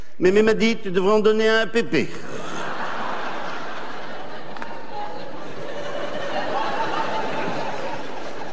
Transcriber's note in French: rires